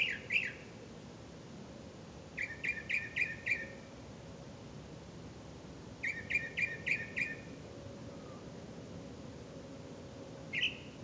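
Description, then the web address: Bird calls: short bursts of several quick stuttering chirps, repeating every few seconds, then a lone chirp, over faint hiss. "misc bird"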